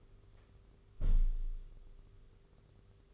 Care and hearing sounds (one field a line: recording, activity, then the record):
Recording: daily activity, microphone in the room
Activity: close window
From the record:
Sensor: 4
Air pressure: 991.1 hPa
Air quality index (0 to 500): 154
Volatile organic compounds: 106 ppm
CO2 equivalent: 3793 ppm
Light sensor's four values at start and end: 6/15/6/6 and 6/15/5/6